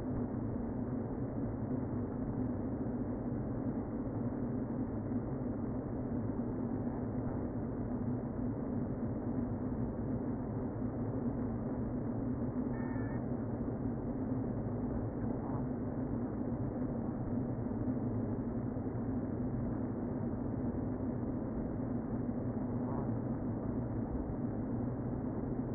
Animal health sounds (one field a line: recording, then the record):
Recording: honeybee colony, microphone inside the hive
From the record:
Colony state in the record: queen present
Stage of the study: before two queens were removed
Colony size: about 60,000 bees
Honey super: yes